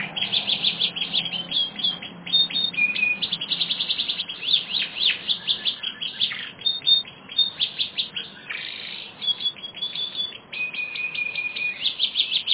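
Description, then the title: Canary song of dense repeated chips, rolling trills and a few sustained whistled notes, delivered continuously throughout. "kenarijos"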